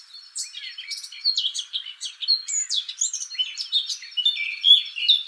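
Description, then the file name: Eurasian blackcap giving a continuous, hurried warble of varied scratchy and whistled notes. "Sylvia atricapilla"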